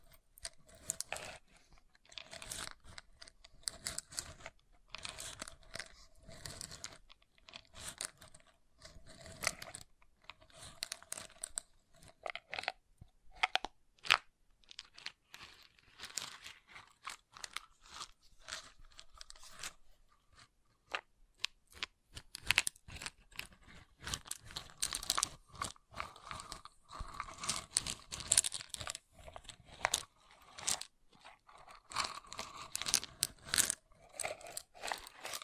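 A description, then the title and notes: Wood triggers: a dense, irregular stream of sharp taps, clicks and crunchy scrapes on wood that runs the full length with only brief pauses. A faint, steady mid-pitched tone hums under the first ten seconds, and the tapping gets busier and brighter after about twenty seconds. ASMR Calming Wood Triggers for Sleep (No Talking).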